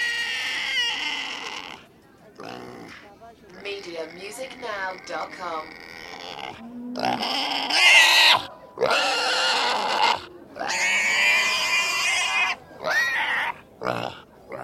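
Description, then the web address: Pig screams, long harsh squealing bursts separated by short pauses. "the sound pack tree. screaming pig"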